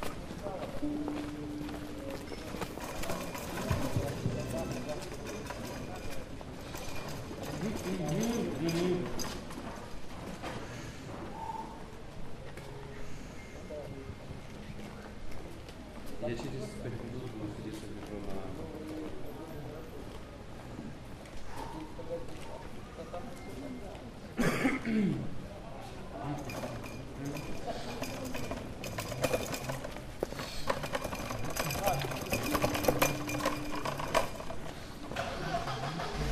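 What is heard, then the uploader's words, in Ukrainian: A busy street scene with steady overlapping voices of passersby, scattered clatter and footsteps, brief whistles near the start and a sharp knock around twenty-five seconds. Андріївський узвіз, Київ. Запис зроблений між пам'ятником Михайлу Булгакову та Театром на Подолі. Вечір.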